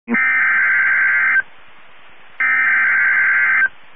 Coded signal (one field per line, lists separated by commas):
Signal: Emergency Alert System (SAME) tones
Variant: header bursts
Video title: Severe Thunderstorm Warning (EAS 1692)